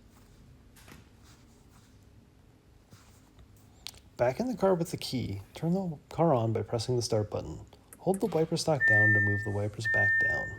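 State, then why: Seated. The plastic adapter on a Bosch ICON wiper blade is slid onto the metal hook of the windshield wiper arm on a 2018-2024 Audi Q5 until it locks, with a sharp, loud click at 3.9 s after quiet handling noises. The adapter is seated on the wiper arm. Afterward someone talks, and a steady high tone is heard near the end.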